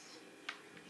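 A child snaps a plastic tube piece onto a Mega Bloks toy building brick, giving a single short, sharp click at 0.5 s over a quiet background. The tube clicks into place and is seated on the brick.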